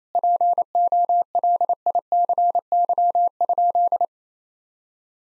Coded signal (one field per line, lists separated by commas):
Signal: Morse code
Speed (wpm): 28 wpm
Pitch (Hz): 700 Hz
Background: none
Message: POLICY?